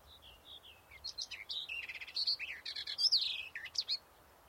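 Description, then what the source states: Barred Warbler song: a fast, varied warble of scratchy chatters and brief whistled notes, rising and falling, louder in the second half. Island in spring; the day's new species, the island's 190th bird species that spring; 3 June 2012.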